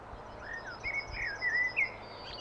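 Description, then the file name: Common blackbird with a short run of mellow whistled notes, each slurring up or down, against a constant low background noise. "Turdus merula"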